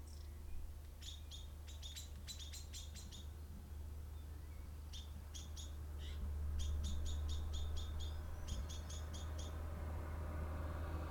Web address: pdsounds sounds birds songs and cars passing by